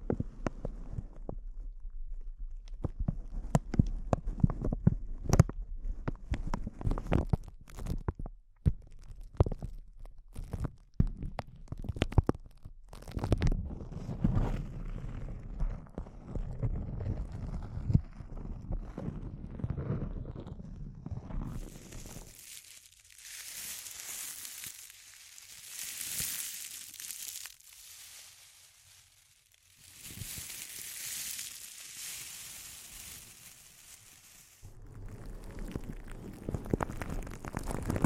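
Intense close-up crinkles: dense, irregular crackling with low thumps for about twenty seconds, then bright hissing swells of rustling that come and go.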